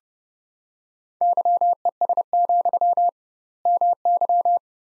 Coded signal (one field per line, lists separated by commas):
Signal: Morse code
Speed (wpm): 30 wpm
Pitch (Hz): 700 Hz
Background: none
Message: YES, MY